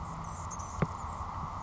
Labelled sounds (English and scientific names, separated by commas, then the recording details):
Anna's Hummingbird (Calypte anna)
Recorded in Sonoma County, California